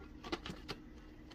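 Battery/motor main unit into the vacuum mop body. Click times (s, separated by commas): 0.5 s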